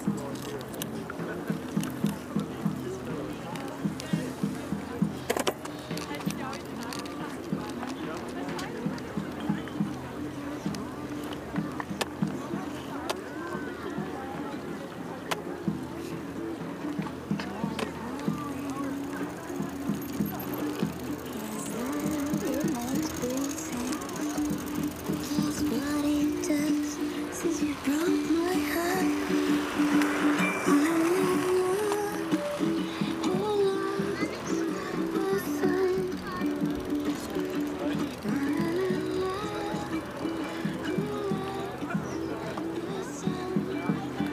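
Hundreds of people go about their activities on the Tempelhofer Freiheit in Berlin, a steady wash of overlapping voices and chatter throughout. Around the middle, a sustained tone rises briefly above the crowd, and a faint whirring of passing wheels and movement runs underneath.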